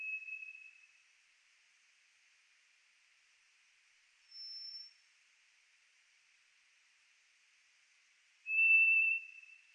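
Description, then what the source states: White's thrush song: single whistles spaced several seconds apart, alternating between a lower note and a thinner, higher one, the last low whistle loudest. Recorded 3 July 2004.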